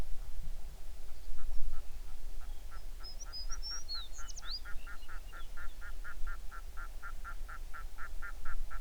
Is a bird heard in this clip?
yes